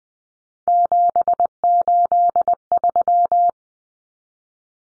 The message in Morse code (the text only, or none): 783